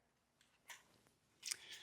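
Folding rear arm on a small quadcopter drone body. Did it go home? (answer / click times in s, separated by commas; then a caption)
yes / 1.5 s. The rear folding arm of a small plastic camera quadcopter drone is pulled out from the side of the body, with a faint rustle of handling around 0.7 s. Two short, sharp clicks follow at about 1.5 s and 1.5 s as the arm locks into its open position.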